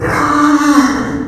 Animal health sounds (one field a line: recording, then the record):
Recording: squeal of a Yucatan mini pig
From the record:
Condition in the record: after surgery on the right vocal fold (resection and tissue-engineered implant)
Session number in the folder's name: 4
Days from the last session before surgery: 26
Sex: female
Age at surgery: 19 weeks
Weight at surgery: 25 kg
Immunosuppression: prednisolone